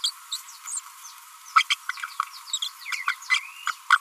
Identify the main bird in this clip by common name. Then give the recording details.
Green-rumped Parrotlet. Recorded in a nest box in Venezuela. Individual 18B25A3